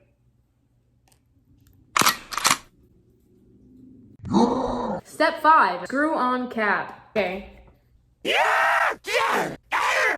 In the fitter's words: holding the tube a bride closed the funnel it is shown by firmly pushing on the lid until you hear a click